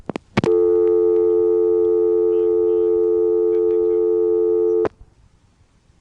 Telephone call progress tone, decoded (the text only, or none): dial tone